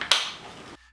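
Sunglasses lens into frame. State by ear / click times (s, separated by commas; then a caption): seated / 0.0 s, 0.1 s. A sunglasses lens, Rudy Project Agent Q, is pressed into its plastic frame by thumb near the nose piece and snaps in with two sharp clicks at 0.0 s and 0.1 s, the second louder and brighter. A short fading tail follows before the clip goes quiet. The lens is seated.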